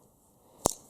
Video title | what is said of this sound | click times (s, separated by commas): T2CG Honda Civic Part 11 : EF with B18C4 Wiring Loom OBD0 OBD1 OBD2 | that's how you want them. So it doesn't matter which way around they go, just make sure they're all clicked so you can't | 0.7 s